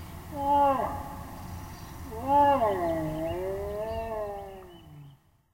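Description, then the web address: American black bear vocalizing: a short harmonic moan, then a longer wavering, drawn-out moan that slowly falls and fades out. "Wildlife Sounds. Black Bear"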